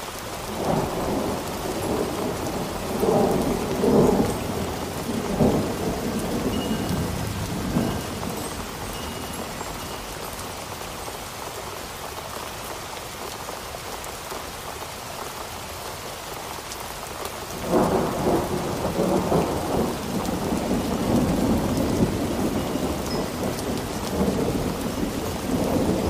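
A storm with steady rain hissing across the whole clip and low, rolling thunder. The rumble is heavy in the first eight seconds, fades to a calmer stretch of rain, then swells again from about eighteen seconds to the end.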